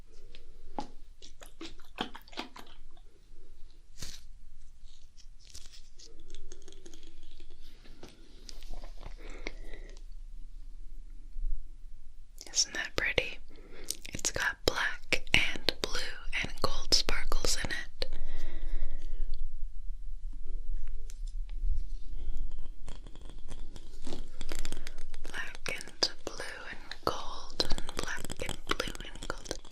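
Crackly brushing and rubbing over the ear, with sharp little taps and clicks scattered throughout. The first ten seconds are sparse and quiet; from about 12 seconds the scratchy rustling thickens into dense, bright bursts, over a faint low hum.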